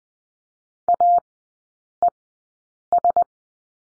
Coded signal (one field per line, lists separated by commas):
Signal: Morse code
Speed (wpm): 20 wpm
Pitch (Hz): 700 Hz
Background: none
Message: AES